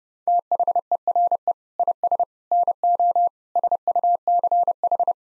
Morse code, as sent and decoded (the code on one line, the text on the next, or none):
- .... . .-. . / .. ... / -. --- / ... ..- -.-. ....
THERE IS NO SUCH